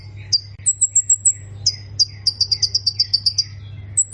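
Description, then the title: Plain prinia song: high, thin chirping notes delivered in quick repeated runs, including one rapid even series of about ten notes, over a steady low hum. "Ciblek Sawah"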